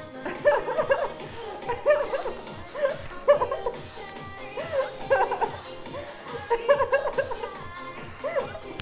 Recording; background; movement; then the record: laughter; music; sitting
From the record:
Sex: female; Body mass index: 18.8 kg/m2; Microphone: on the chest, facing outward